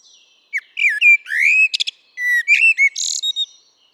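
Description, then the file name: Common blackbird song phrase: loud rounded fluty whistles, slurred and varied, broken by rapid high twittering, with a scratchy squeak near the end. "Turdus merula"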